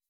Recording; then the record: hydrophone in a shrimp aquaculture tank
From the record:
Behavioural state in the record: weakened